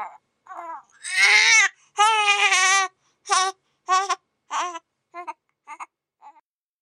Newborn Baby cry.